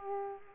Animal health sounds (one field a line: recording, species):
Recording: mosquito wingbeat signal from an infrared sensor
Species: Aedes aegypti